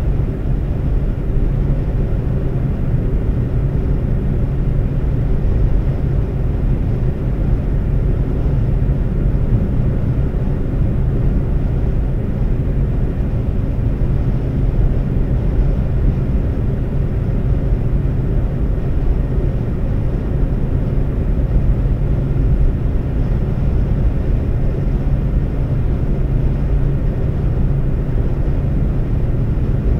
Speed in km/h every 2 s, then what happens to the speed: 130, 130, 130, 130, 130, 130, 130, 130, 130, 130, 130, 130, 130, 130, 130.
0-30 steady at about 130.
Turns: none.